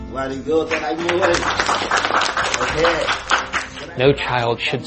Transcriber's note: applause